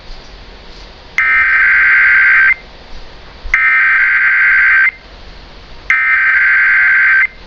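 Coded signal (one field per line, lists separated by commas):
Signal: Emergency Alert System (SAME) tones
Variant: header bursts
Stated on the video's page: Required Monthly Test relayed on an AM station, with an apparent problem at the originating station.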